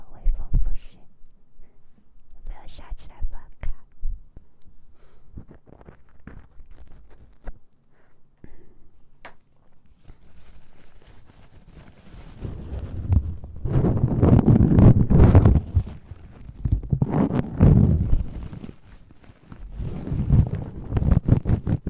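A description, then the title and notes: Mouth sounds and ear-cleaning noises. The first half is sparse, with scattered wet clicks and soft taps over near silence; from about twelve seconds on, denser, louder rubbing and muffled scratching swell in waves, low. ASMR Mouth Sounds Ear Cleaning.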